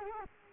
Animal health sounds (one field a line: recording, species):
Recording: mosquito wingbeat signal from an infrared sensor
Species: Culex quinquefasciatus